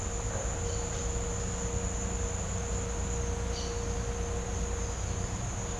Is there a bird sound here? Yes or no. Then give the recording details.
no. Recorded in pastures near Puerto Asís, Putumayo, Colombia, on 20 December 2024 at 07:30. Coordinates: 0.502, -76.324. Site G077